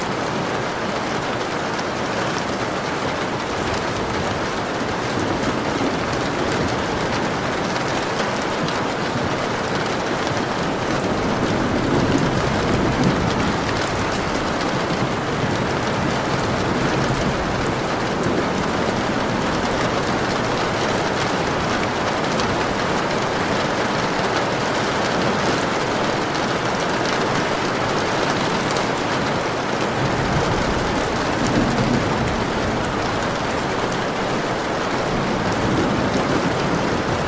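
A storm's dense, steady rain hisses evenly across the whole recording. There are no sharp events or pauses, only slight swells in loudness around the middle and near the end. A low rumbling undertone, possibly traffic or wind, runs beneath the rain throughout.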